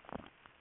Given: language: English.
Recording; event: throat vibration sensor signal played as sound; swallow